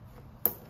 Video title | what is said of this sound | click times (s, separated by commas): ProForm Cadence HIIT CS Elliptical Trainer with Hybrid Stride - Step By Step DIY Assembly Video | here we go you'll hear it click too | 0.5 s